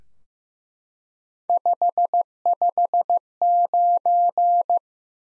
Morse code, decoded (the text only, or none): 559